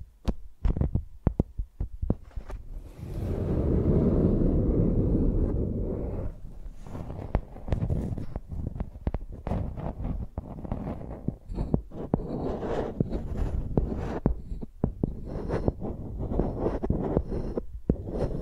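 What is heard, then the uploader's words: A microphone is dragged and tapped like a pencil: sharp knocks, a long low rumbling scrape near five seconds, then irregular scratchy thumps. Using Mics as Pencils (No Talking).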